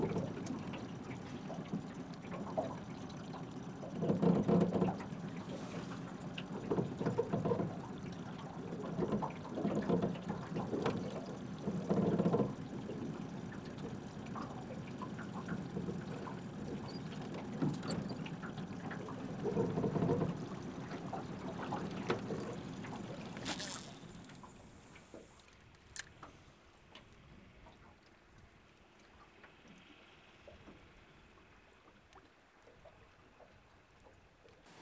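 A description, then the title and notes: A Québec soundscape of a dense, rumbling low murmur with a watery, engine-like quality, swelling in louder bursts around 4, 7, 12 and 20 seconds. Near 24 seconds a sharp, bright burst cuts through, then everything drops to a faint, quiet hiss for the remaining stretch. Québec Soundscape. Vous êtes dans la nature québécoise.Enregistré en septembre 2011.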